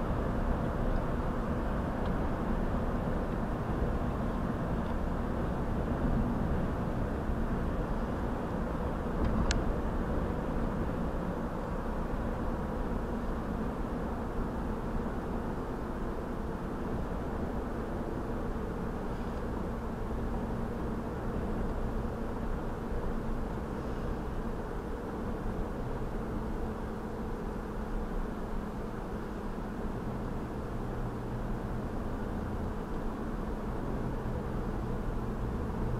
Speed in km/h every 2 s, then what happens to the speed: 89, 87, 85, 85, 82, 81, 77, 72, 71, 66, 64, 64, 63, 61, 61, 60, 61, 61.
0-19 slows to 64. 19-36 steady at about 61.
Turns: none.